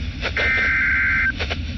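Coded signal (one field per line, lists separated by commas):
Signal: Emergency Alert System (SAME) tones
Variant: header bursts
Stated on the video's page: Two alerts, a severe thunderstorm warning and a special marine warning, received on a NOAA weather radio (WR-300).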